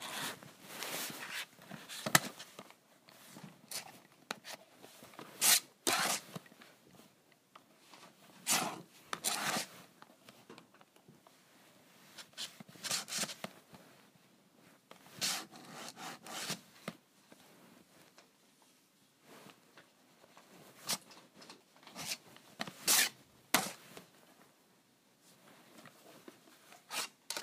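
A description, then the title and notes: Scratching on a calculator comes in short, bright rasping strokes, repeated in irregular bursts across the whole stretch. Some strokes are quick flicks, others drag for about a second, with brief near-silent gaps between clusters and no other sounds underneath. ASMR Scratching my Calculator.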